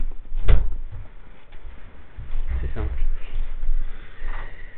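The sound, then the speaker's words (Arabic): A sharp knock as a door swings shut, then a duller bump a couple of seconds later, with faint murmuring voices and low rumble underneath. “من يغلق الباب الإخوة لكم الله.”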